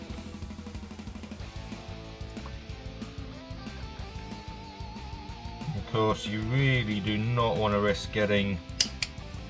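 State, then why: Seated. A plastic part of a Megazord model kit is pressed into a Triceratops head assembly and seats with two sharp clicks at 8.8 and 9.0 seconds. Before that, guitar and drum music plays while someone talks.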